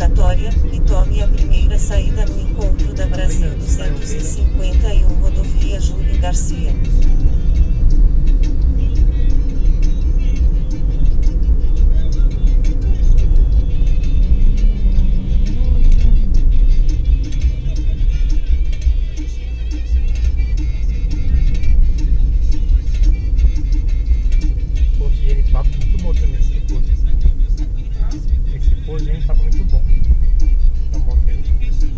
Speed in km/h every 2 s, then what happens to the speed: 65, 64, 60, 58, 57, 54, 48, 44, 39, 32, 33, 31, 30, 27, 23, 23.
0-28 slows to 23.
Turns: none.